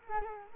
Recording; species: mosquito wingbeat signal from an infrared sensor; Culex quinquefasciatus